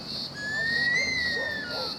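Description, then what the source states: Bush stone-curlew giving a long, thin whistled wail that rises slowly then eases down, over a steady high insect drone. Haunting call from a park in Darwin, Northern Territory, on Larrakia country, at early evening as street lights came on; two birds; cicadas singing at sundown.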